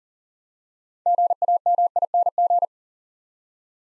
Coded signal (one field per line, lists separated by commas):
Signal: Morse code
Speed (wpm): 42 wpm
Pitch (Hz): 700 Hz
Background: none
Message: GAMING